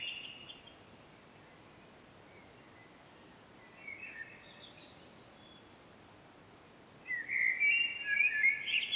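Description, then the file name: Common blackbird song: a faint phrase early, a faint fragment midway, then one loud warbled, fluty phrase at the end, over steady low hiss. "Turdus merula"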